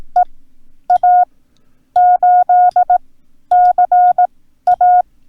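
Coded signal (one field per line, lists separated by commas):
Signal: Morse code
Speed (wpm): 18 wpm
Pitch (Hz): 720 Hz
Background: none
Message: EA8CA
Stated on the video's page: Morse code lesson teaching four punctuation characters.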